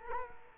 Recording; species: mosquito wingbeat signal from an infrared sensor; Culex quinquefasciatus